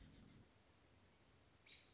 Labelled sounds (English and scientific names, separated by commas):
American Robin (Turdus migratorius)